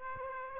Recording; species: mosquito wingbeat signal from an infrared sensor; Aedes aegypti